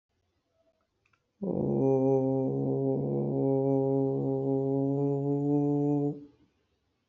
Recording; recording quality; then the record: sustained vowel as in boot; excellent, no background noise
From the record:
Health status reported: healthy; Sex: male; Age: 27 years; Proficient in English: yes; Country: India